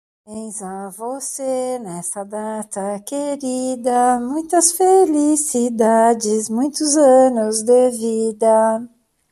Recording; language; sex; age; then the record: short text; Brazilian Portuguese; female; 60 to 69 years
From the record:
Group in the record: control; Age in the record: 61 years